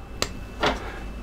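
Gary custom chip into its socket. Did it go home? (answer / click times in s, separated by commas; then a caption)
yes / 0.2 s. A Gary custom chip is pressed into its socket with the notch on the chip lined up with the notch on the socket. A sharp, bright click at 0.2 s marks the chip popping in, followed by a softer, broader swell of noise around 0.6–0.7 s over a quiet background hum. The chip is seated.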